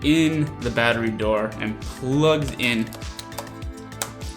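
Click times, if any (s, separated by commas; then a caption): 4.0 s. A plastic dummy battery, shaped exactly like the original Sony battery, is pushed into the battery compartment of a mirrorless camera where the battery normally sits. Someone talks over background music, and a sharp snap at 4.0 s marks the dummy battery seating in place.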